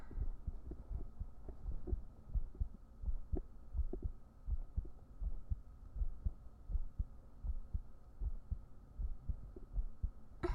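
Soft, low thumping heartbeat at a steady pace of about 80 beats a minute, continuing throughout. A faint steady hum sits underneath, with a brief rustling noise near the start.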